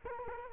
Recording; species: mosquito wingbeat signal from an infrared sensor; Culex quinquefasciatus